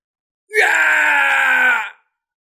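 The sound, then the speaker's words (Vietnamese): A man, a great elder, lets out a single loud, agonized scream as he dies and falls from the sky, holding a strained, steady pitch for well over a second before it cuts off abruptly into silence. “Đại trưởng lão kia đương trường hét to, phịch một cái rớt khỏi bầu trời, liền không nhúc nhích.”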